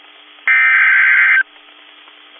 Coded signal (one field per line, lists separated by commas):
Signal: Emergency Alert System (SAME) tones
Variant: header bursts